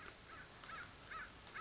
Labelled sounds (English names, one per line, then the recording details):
American Crow
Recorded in Sonoma County, California